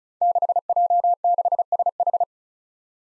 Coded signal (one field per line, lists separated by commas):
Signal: Morse code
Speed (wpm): 36 wpm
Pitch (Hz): 700 Hz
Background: none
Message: 6J6SH